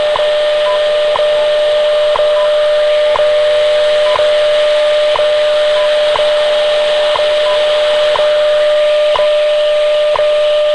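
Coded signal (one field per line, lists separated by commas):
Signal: radio time signal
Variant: WWV/WWVH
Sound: steady 600 Hz tone with a sharp tick each second, about 11 ticks, over hiss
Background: radio static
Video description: later on I almost completely lost WWV, but then WWVH came in much more clearly before fading out leaving only what sounded for all the world like a ticking clock or pocket watch buried in a swamp of noise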